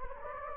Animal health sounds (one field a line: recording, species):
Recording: mosquito wingbeat signal from an infrared sensor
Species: Anopheles gambiae